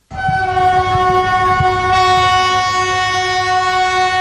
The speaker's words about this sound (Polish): Przywieźliśmy tutaj stare, zabytkowe lokomotywy.